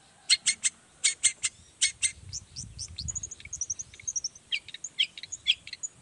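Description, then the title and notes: Long-tailed shrike song of rapid high chirps in short bursts, then varied squeaky notes and trills, with soft low rumbling beneath. Long-tailed shrike in full song (gacor) in the morning, singing the 'toet toet' variation; said to prompt other shrikes to answer. "Cendet Gacor Dor Di Kala Pagi Toet Toet Variasi Suara. Burung cendet"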